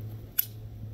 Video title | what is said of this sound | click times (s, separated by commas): What's a piercing connector? | pops into place | 0.4 s